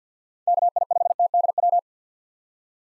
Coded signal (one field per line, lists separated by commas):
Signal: Morse code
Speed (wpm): 50 wpm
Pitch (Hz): 700 Hz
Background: none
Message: KI5TDW